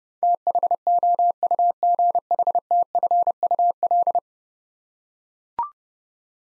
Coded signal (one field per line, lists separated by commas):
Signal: Morse code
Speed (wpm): 30 wpm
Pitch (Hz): 700 Hz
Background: none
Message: THOUGHTFUL